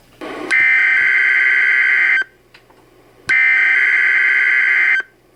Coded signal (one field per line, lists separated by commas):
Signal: Emergency Alert System (SAME) tones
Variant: header bursts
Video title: Emergency Alert System Interrupts CorbinPettyBand